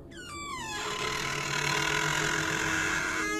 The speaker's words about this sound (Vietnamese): Còn đang tự trấn an thì két một tiếng, cánh cửa phòng trọ nó rít lên một hồi, âm thanh nghe rợn cả người.